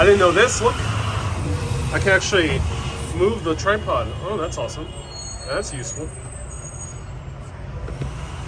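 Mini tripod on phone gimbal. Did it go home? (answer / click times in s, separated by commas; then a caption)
no / none. A mini tripod attached to a phone gimbal is moved by hand while someone talks over steady outdoor traffic and vehicle noise. The tripod is handled but nothing has snapped into place or clicked yet.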